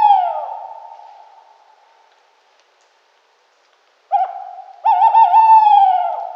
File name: strix aluco